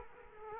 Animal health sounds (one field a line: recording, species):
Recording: mosquito wingbeat signal from an infrared sensor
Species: Culex quinquefasciatus